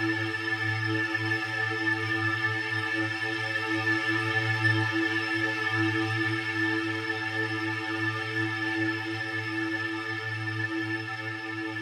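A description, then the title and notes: A steady drone holds for the whole stretch, built from many stacked tones that stay fixed in pitch from low to high. A low hum underneath swells and dips slightly in places, while the overall loudness stays even with no breaks or distinct events. Drone.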